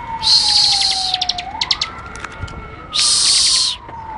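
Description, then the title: Bird song with two bursts of dense high chatter and some scattered clicking notes, over a steady lower tone that dips, rises and then falls slowly. "SuaraBurung Kicau1"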